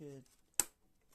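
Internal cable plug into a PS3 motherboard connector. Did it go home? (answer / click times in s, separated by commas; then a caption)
yes / 0.6 s. An internal cable plug is pushed straight down into its connector on a PlayStation 3 slim motherboard after its small lock is pressed down and the plug is lined up. Someone talks briefly, then a single sharp pop sounds at 0.6 seconds as the plug seats and locks in.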